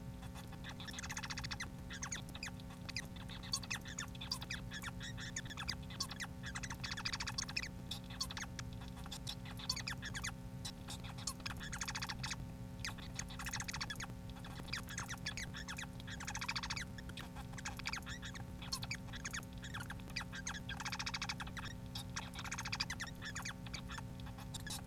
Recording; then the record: song of a male Bengalese finch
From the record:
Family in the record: son of father 4